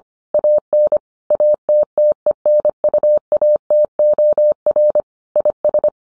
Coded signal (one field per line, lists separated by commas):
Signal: Morse code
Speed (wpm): 25 wpm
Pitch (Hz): 600 Hz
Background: none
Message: AN ATTENUATOR IS